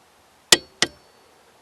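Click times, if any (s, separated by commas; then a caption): 0.5 s, 0.8 s. A torque wrench is pulled on a steering shaft bolt and clicks sharply at 0.5 s, then again at 0.8 s when the pull is repeated on the same bolt. The bolt turns no further, confirming the set torque has been reached.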